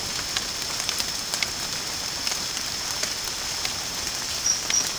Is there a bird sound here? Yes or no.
no